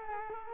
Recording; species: mosquito wingbeat signal from an infrared sensor; Culex quinquefasciatus